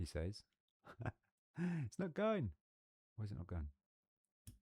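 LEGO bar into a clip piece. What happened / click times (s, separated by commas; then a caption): The small plastic part snapped into its clip / 4.5 s. A plastic LEGO bar is worked into the second clip of a droid arm after it resisted, while someone talks. One sharp click at 4.5 seconds as the bar snaps into the clip and seats.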